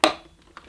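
The main plastic solution tank of a Shark CarpetXpert with StainStriker carpet washer is slid into place and pushed down until it clicks home. A sharp, bright click at 0.0 s rings out and decays, followed by a faint, soft rustle and a smaller tap near 0.6 s. The tank is seated.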